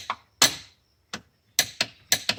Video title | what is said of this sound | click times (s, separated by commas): RAM 5500 6.7 Cummins Upper Fuel Filter Replacement & Priming In Details | And that's it. You can hear the click. | 1.6 s, 2.1 s